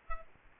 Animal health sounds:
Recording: mosquito wingbeat signal from an infrared sensor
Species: Aedes aegypti

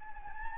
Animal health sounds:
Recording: mosquito wingbeat signal from an infrared sensor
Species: Anopheles gambiae

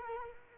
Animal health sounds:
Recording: mosquito wingbeat signal from an infrared sensor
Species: Culex quinquefasciatus

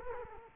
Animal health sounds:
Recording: mosquito wingbeat signal from an infrared sensor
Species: Culex quinquefasciatus

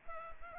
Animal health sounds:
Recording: mosquito wingbeat signal from an infrared sensor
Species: Culex pipiens

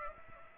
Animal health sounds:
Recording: mosquito wingbeat signal from an infrared sensor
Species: Aedes aegypti

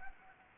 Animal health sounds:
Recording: mosquito wingbeat signal from an infrared sensor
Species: Anopheles gambiae

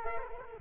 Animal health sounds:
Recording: mosquito wingbeat signal from an infrared sensor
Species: Culex quinquefasciatus

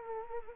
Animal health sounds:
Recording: mosquito wingbeat signal from an infrared sensor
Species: Anopheles gambiae

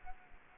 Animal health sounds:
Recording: mosquito wingbeat signal from an infrared sensor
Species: Culex quinquefasciatus

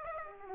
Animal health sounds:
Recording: mosquito wingbeat signal from an infrared sensor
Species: Aedes aegypti

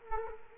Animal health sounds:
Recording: mosquito wingbeat signal from an infrared sensor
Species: Culex quinquefasciatus

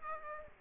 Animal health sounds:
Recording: mosquito wingbeat signal from an infrared sensor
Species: Aedes aegypti

